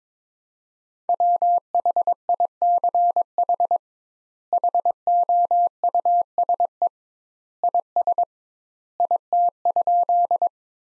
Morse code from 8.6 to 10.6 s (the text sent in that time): IT?